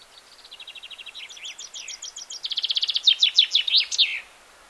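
Common chaffinch singing one phrase: a thin series of repeated notes speeding into a louder rattle and ending with a flourish.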